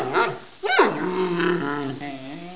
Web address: il suono di un panda che ringhia